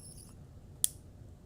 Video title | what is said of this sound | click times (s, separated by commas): Vasceptor® Topi-CLICK Application Instructions | I simply click the bottom. You can hear an audible click. | 0.8 s